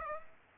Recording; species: mosquito wingbeat signal from an infrared sensor; Aedes aegypti